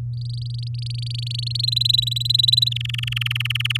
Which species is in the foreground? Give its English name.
Domestic Canary